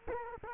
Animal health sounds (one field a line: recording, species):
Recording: mosquito wingbeat signal from an infrared sensor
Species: Culex quinquefasciatus